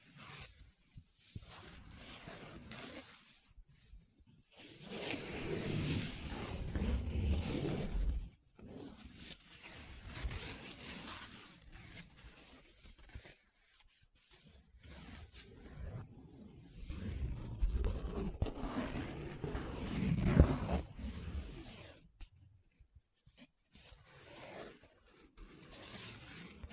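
Paper being scratched, traced and rubbed in uneven strokes, with short quiet gaps between passes. Longer, fuller rubbing stretches come around 5–8 seconds and again from about 17 to 22 seconds, peaking near 20 seconds, with lighter, choppy scratches in between.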